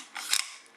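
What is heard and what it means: During reassembly of an FNAR semi-automatic rifle, the bolt and charging-handle assembly is slid along its T slot and tilted into the metal bolt housing, making a brief scraping slide from about 0.2 s. A sharp metallic hit follows at 0.3 s as the bolt assembly locks into place.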